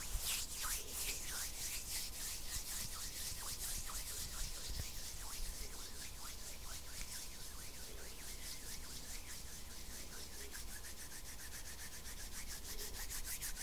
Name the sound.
INTENSE HAND SOUNDS